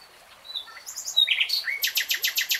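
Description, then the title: Nightingale song: soft varied whistles leading into a quick run of loud, hard repeated notes. Nightingale singing in real time. "[Tiếng chim hót] 3 Hours REALTIME Nightingale Singing"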